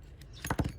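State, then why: Seated. Flat pliers press the two ends of a metal jump ring back together on the end loop of an amazonite gemstone memory wire bracelet, with an antique bronze leaf charm on the ring. After a faint tick at about 0.2 s, two small, sharp metallic clicks land close together at about 0.5 s, followed by a few softer taps around 0.6 s. The ends meet and the jump ring closes with no gap.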